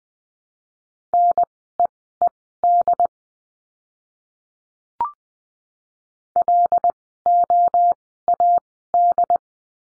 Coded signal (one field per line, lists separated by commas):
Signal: Morse code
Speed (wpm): 20 wpm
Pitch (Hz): 700 Hz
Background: none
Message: NEED LOAD